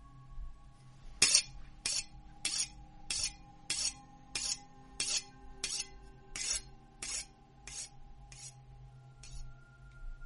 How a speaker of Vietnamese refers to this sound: Con dựa trông sắc bén, lập lập lòe lòe. Con quỷ đói nó cười khanh khách lim dim. Đôi mắt của nó nhìn đăm đăm, nó mài con dao vào cục đá nghe đến rợn cả người.